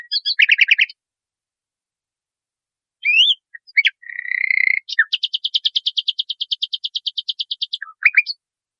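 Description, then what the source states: Nightingale song with separated phrases: a quick burst, rising whistles, a buzzy note, then a long, even trill of rapid repeated notes. Masteran recording, used for training cage birds.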